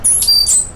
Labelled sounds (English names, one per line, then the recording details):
Stitchbird song
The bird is a male
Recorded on Tiritiri Matangi Island, New Zealand, in 2005
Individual 1, of nest box 1